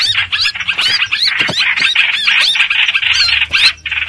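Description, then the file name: Streak-eared bulbul, a brief burst of grating, squawky notes and sharp chirps, delivered rapidly. Distress call used to call the flock together. "Tieng chim trao trao keu cuu goi bay"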